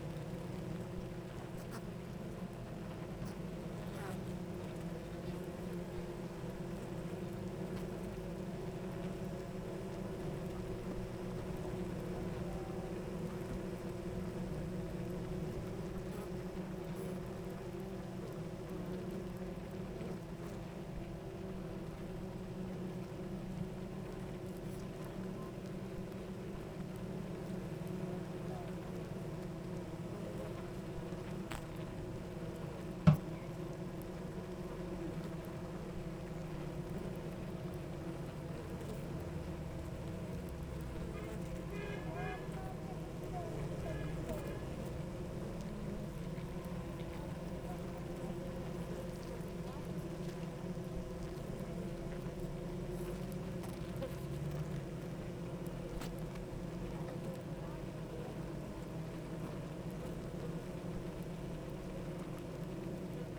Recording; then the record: honeybee colony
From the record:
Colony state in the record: active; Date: 28 July 2017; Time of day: 8:57